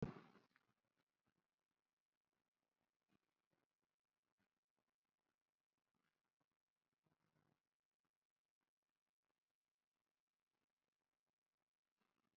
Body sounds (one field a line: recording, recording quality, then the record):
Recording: deep breathing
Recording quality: poor, much background noise or distortion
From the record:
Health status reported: COVID-19 positive, moderate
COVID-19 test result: positive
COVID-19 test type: RT-PCR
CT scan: not taken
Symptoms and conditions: cough, fever, fatigue, muscle pain, another condition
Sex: female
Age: 35 years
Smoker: no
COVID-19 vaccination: none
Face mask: worn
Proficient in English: yes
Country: India